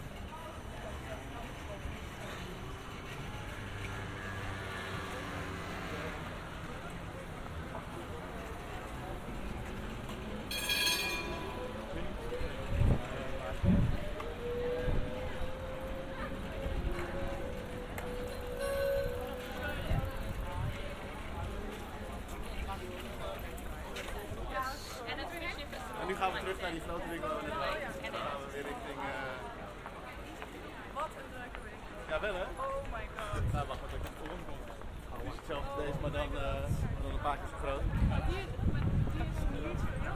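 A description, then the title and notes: A binaural field recording in Amsterdam, full of people talking over a steady wash of street noise. Voices overlap throughout, with a brief bright clatter near eleven seconds, a rising whistle-like tone around fifteen to nineteen seconds, and heavier low thumps and movement toward the end. A binaural field recording from this past June in Amsterdam.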